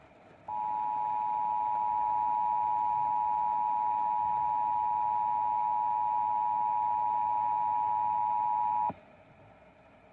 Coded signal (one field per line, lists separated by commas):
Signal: Emergency Alert System (SAME) tones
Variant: 853 and 960 Hz attention tone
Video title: EAS #274-275: Required Monthly Test